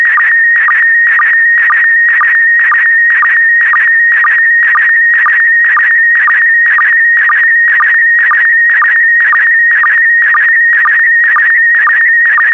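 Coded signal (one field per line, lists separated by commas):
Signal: SSTV (slow-scan television)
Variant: PD120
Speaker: complete. You can now check your decoded image against the picture that is shown on the video.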